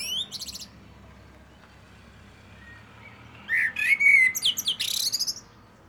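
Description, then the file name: Common blackbird singing: after a quiet gap, a mellow whistled phrase breaks into rapid, shrill, scratchy twitters, with a brief high fragment at the start. "Turdus merula"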